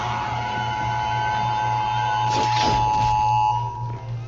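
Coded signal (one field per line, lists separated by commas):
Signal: Emergency Alert System (SAME) tones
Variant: 853 and 960 Hz attention tone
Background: music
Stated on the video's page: Shows Emergency Broadcast System test attention tone and EAS alerts for a severe weather warning and an Emergency Action Notification.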